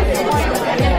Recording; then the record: background sound without coughing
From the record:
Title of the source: Nightlife Party Simulating Party Club Noise 1 Hour